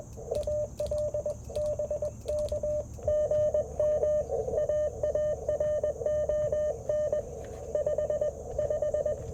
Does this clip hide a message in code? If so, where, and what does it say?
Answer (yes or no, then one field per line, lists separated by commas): yes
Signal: Morse code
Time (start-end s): 0.4-9.1 s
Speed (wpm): 20 wpm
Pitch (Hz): 600 Hz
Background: radio noise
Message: AL BK GM AARON 55